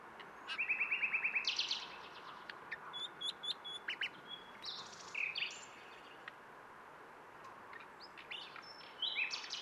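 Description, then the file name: Common nightingale song: a loud, rapid buzzy trill for about a second, then scattered varied chirps and short whistled notes over steady background hiss. "Luscinia megarhynchos"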